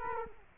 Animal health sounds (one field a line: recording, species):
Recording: mosquito wingbeat signal from an infrared sensor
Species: Culex quinquefasciatus